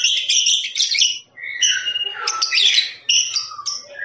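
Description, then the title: Lovebird song of high, shrill chattering and squeaky notes, continuous apart from brief breaks. Long trilling "ngekek" song of a lovebird, used as a master recording for training birds. "MASTERAN LOVEBIRD NGEKEK PANJANG"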